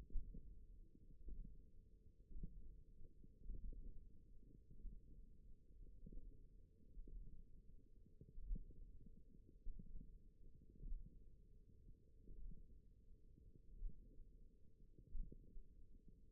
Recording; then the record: forearm muscle sounds (acoustic myography)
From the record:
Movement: index flexion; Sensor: system 1, eight BSWA MPA416 microphones around the upper forearm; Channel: 1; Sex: female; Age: 20 years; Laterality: right